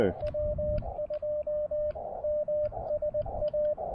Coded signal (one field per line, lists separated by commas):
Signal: Morse code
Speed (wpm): 20 wpm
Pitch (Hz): 600 Hz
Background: speech, radio noise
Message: W2MSA